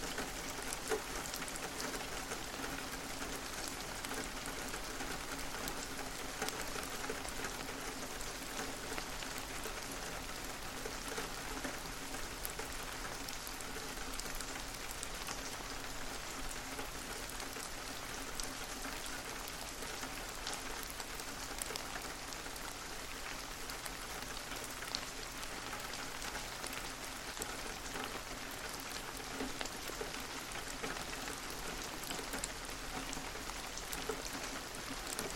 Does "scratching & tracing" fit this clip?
no